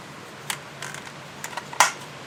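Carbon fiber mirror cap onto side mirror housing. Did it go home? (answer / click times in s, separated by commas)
yes / 1.8 s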